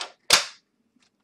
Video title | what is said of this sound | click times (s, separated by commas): Mini ITX Build Complete Compilation | Here we go. Snapped in place that easy. | 0.3 s